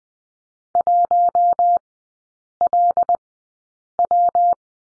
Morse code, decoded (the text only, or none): 1LW